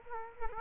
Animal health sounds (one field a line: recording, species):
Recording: mosquito wingbeat signal from an infrared sensor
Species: Culex quinquefasciatus